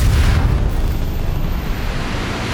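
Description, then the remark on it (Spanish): A violent distant explosion that shakes everything rolls out as a deep, heavy rumble, loud and steady for a couple of seconds with a rough, roaring low end and no voices. “Una violenta explosión los sacude todo, pero no perdemos el equilibrio. El impacto ha sido lejano.”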